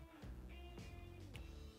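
A custom spark plug wire boot with a 90-degree metal connector, made for Harley-Davidson and other motorcycles, is pushed onto the top terminal of a spark plug over steady background music. A short, sharp click at 1.4 s marks the boot snapping on, seated with a solid connection.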